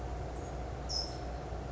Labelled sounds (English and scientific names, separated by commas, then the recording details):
California Towhee (Melozone crissalis)
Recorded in Sonoma County, California